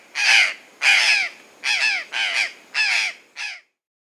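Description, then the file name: Purplish jay giving six harsh, grating caws in a row, the last one shorter and weaker. Recorded in Peru. "Purplish Jay (Cyanocorax cyanomelas), Peru"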